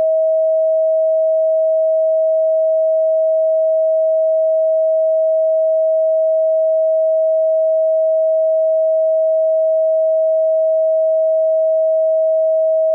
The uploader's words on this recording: 639 HZ POWERFUL PURE TONE Solfeggio Frequency.